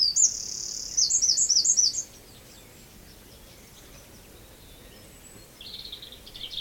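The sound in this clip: Wren calling, a burst of rapid, high, scratchy ticking notes lasting about two seconds, followed by quiet hiss, then a brief buzzy rattle near the end.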